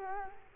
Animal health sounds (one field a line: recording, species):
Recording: mosquito wingbeat signal from an infrared sensor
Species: Culex quinquefasciatus